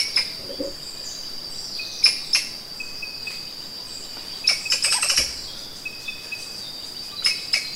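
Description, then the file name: Thomas's rope squirrel calls: scattered sharp clicks, with a dense stuttering burst near the middle, over a steady high insect drone. Recorded in Sangha on 10 February 2021 at 6:51 AM, early morning. "Funisciurus-atherynus-A-Rod-Cassidy-Sangha-Squirrel-Thomases-Rope-Good-2021-02-10-6 51 44-AM"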